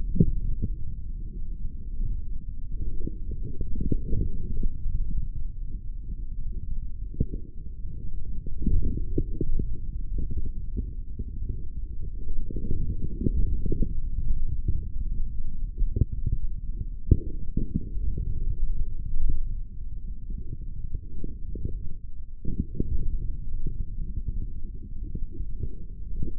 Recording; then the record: forearm muscle sounds (acoustic myography)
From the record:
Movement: forearm pronation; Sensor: system 3, bracelet of six PUI Audio POM-2738L microphones around the upper forearm, with dedicated amplification and filtering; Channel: 1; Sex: male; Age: 25 years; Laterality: right